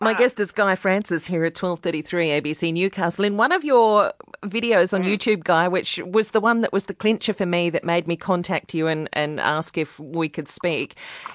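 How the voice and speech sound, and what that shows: An adult woman, a radio host, speaks fluently and clearly at an even conversational pace as she introduces her guest; ordinary speech.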